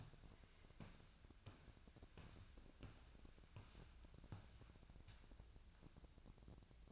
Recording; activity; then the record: daily activity, microphone in the room; walk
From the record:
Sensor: 2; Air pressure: 1012.0 hPa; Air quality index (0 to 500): 171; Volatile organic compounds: 2 ppm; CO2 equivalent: 1248 ppm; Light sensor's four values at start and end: 41/110/46/51 and 42/110/47/53